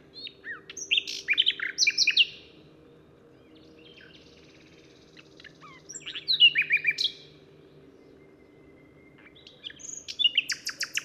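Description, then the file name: Common nightingale singing three varied phrases of sharp chirps, whistles and fast trills, separated by pauses of a few seconds. "Luscinia megarhynchos"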